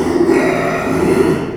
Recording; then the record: squeal of a Yucatan mini pig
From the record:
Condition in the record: after surgery on the right vocal fold (resection and tissue-engineered implant); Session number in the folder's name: 1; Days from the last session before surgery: 6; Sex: male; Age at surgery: 12 weeks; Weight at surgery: 13 kg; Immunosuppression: cyclosporine, prednisolone